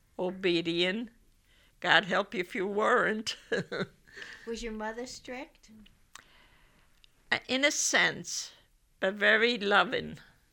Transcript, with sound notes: Obedient. God help if you weren't. (she laughs)
Was your mother strict?
In a sense, but very loving.